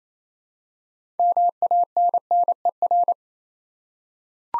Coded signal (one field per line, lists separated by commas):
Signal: Morse code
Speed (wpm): 29 wpm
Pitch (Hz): 700 Hz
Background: none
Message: MANNER